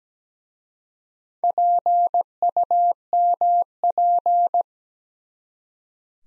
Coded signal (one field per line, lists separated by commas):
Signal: Morse code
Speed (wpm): 17 wpm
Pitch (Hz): 700 Hz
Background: none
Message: PUMP